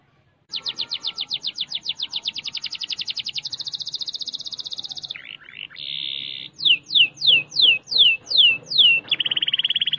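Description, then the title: Canary song with a long rapid trill of repeated notes, a sustained buzzy tone, then several loud descending whistles and a closing quick rattle. "Kenari"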